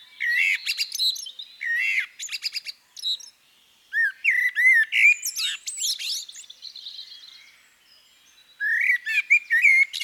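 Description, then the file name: Common blackbird delivering varied fluty warbling phrases mixed with shrill chattering twitters, in several bursts of song with brief pauses. "CHernyj drozd - Turdus merula - British Library"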